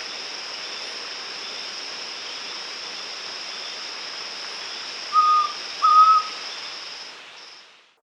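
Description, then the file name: White-throated antpitta call: two short, clear whistled notes in quick succession, the second slightly longer, over a steady rushing background hiss and a thin high hum. Andean bird recorded in the Andes of South America. "White-Throated Antpitta (Grallaria Albigula)"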